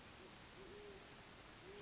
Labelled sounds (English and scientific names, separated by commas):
Great Horned Owl (Bubo virginianus)